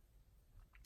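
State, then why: Seated. A small detachable rectangular section of a metal cutting die is fitted back into its die framelet, with low handling rumble underneath. A faint, short snap at 0.8 s marks the section clicking into place, leaving it seated.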